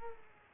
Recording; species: mosquito wingbeat signal from an infrared sensor; Aedes aegypti